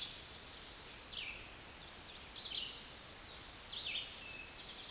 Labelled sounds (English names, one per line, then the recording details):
Red-eyed Vireo song
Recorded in a Pennsylvania forest on 16 May 2024 at 09:07
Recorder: AudioMoth, point MSD-2287
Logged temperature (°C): 11.2 °C
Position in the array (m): 150 m, 27 m